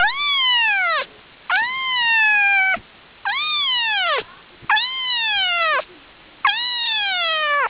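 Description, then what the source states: Cat: kitten meowing: five long, high, harmonic cries, each rising briefly then sliding steadily downward, repeated about every one and a half seconds with short quiet gaps between. Two-week-old kitten in a litter.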